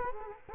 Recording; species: mosquito wingbeat signal from an infrared sensor; Culex quinquefasciatus